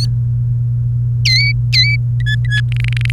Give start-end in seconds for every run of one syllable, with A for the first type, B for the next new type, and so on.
0.00-0.05 A, 1.25-1.96 B, 2.20-2.60 C, 2.72-3.10 D